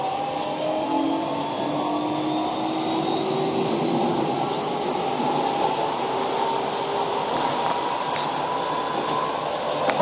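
A Keio 5000 series train running between Moto-Yawata and Hashimoto, its steady rumble filling all ten seconds at an even loudness. Faint drawn-out tones rise and fall slowly underneath, and a few small clicks and squeaks from the wheels mark the last half.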